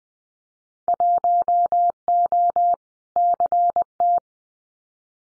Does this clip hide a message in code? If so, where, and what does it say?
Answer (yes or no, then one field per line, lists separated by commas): yes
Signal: Morse code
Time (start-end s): 0.9-4.2 s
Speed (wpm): 20 wpm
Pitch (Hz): 700 Hz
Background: none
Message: 1O CT